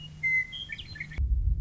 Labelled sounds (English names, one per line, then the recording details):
Western Meadowlark
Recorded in Sonoma County, California